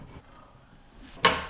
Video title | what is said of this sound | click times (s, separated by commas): Servicing the Abacus 0.82m WC Frame | it slides down to hear it click hose is in place turn the water back on | 1.2 s